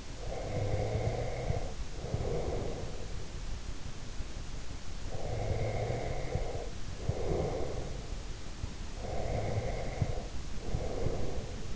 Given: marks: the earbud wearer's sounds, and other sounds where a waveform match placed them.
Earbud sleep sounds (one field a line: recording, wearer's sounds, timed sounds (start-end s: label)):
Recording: sounds in sleep by an in-ear microphone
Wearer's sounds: breath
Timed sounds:
0.00-3.18 s: breath
5.13-8.06 s: breath
8.90-11.76 s: breath